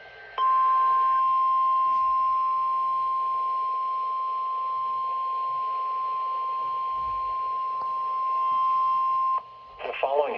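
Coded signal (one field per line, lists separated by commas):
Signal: Emergency Alert System (SAME) tones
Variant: 1050 Hz attention tone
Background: speech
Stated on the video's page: Weather radio EAS alerts for a slight risk threat, compiled.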